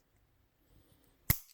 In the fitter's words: Push them together until it snaps in place.